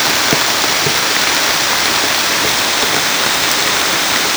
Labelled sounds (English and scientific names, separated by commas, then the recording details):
none
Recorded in secondary vegetation near Puerto Asís, Putumayo, Colombia, on 29 June 2025 at 13:00
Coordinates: 0.499, -76.323
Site G077